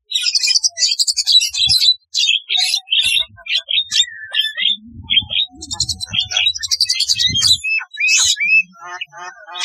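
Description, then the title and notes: Starling singing a varied jumble of harsh chatter, short whistles and crackling notes, with faint low knocks and thumps in between. "Kicau Burung Jalak"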